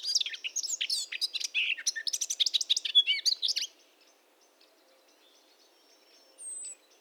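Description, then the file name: Eurasian blackcap song: rapid, varied, scratchy warbling for about four seconds, then near silence with one thin high whistle near the end. "Sylvia atricapilla"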